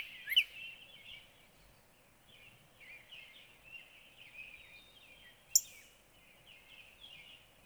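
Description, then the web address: Northern cardinal with a run of short slurred whistles and loud sharp high notes near the start and again later, against steady faint noise. "birdsongforthecurious Northern Cardinal"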